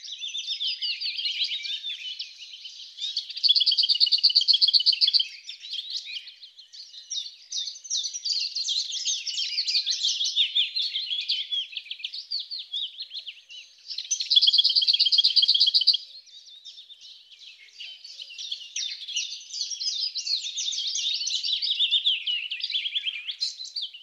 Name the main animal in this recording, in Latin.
Sylvia curruca